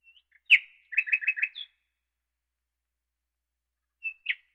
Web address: nightingale chirping